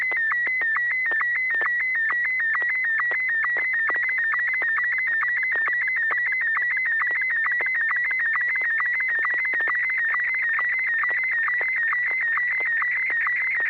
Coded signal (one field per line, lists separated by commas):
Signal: SSTV (slow-scan television)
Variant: Martin 1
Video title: N6NA SSTV Net - 07/07/2021